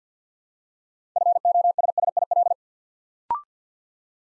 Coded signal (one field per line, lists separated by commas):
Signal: Morse code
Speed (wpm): 49 wpm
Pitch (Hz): 700 Hz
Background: none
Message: FOSSIL